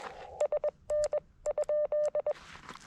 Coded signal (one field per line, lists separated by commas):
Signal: Morse code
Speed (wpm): 20 wpm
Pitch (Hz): 590 Hz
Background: none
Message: SN?